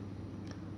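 An operating handle is pushed into the spring charging socket of a JMW12 ring main unit circuit breaker over a steady low hum. A sharp, short click at 0.5 s shows it has seated, and the spring charge indication then appears.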